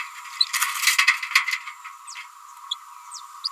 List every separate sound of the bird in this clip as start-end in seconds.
0.40-0.45, 2.71-2.75